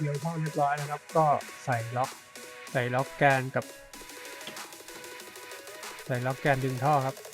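A lock clip is being fitted onto the drain hose coupling of an LG washing machine, and the hose is pulled to check it, while someone talks over background music. Only the talking and the music are heard, with a brief louder sound near 3.9 seconds. The clip has not seated or clicked yet.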